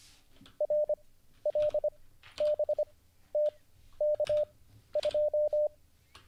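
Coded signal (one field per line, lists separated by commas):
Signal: Morse code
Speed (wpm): 25 wpm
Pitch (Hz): 600 Hz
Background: none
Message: RLBTK2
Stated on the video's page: Livestreamed Morse code learning lesson, day 38.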